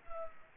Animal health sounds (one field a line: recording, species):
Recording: mosquito wingbeat signal from an infrared sensor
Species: Culex quinquefasciatus